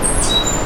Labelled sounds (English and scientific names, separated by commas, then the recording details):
Stitchbird (Notiomystis cincta) song
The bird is a male
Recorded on Tiritiri Matangi Island, New Zealand, in 2005
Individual 9, of nest box 11